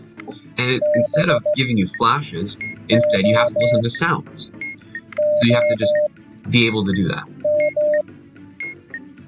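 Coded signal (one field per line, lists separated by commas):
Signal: Morse code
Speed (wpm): 15 wpm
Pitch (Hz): 600 Hz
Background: speech, music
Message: BOOM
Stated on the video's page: Transmitted Morse module from the game Keep Talking and Nobody Explodes.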